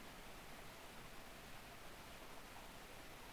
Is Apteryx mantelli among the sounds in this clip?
no